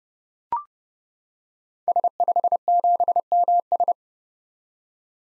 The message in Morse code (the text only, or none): S57MS